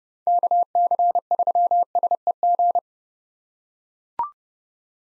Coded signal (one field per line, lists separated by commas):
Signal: Morse code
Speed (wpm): 32 wpm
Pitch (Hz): 700 Hz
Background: none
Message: KC3SEG